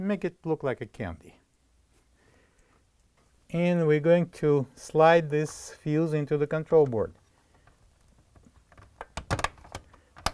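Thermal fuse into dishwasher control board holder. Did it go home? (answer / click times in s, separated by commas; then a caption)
yes / 10.3 s. Someone talks while a replacement KitchenAid dishwasher thermal fuse from kit W10402110 (fits Whirlpool/Maytag), a small plastic-bodied part, is slid into its holder on the dishwasher control board and pushed back. A few light ticks come around 9.0–9.4 s, then a sharp click at 10.3 s as the tabs lock and the fuse seats.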